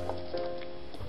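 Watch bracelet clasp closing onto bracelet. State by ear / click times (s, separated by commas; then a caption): not seated / none. A Rolex watch's metal bracelet clasp is handled and pressed toward closing onto the bracelet, with light metallic ticks at about 0.1, 0.6 and 0.9 s over steady background music. The clip ends before the clasp goes home, so nothing has seated or clicked yet.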